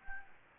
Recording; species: mosquito wingbeat signal from an infrared sensor; Anopheles arabiensis